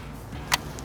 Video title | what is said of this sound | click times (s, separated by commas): JB4 Tuning Device Install Tutorial - 2022 Bronco Raptor | you'll hear it click in there | 0.5 s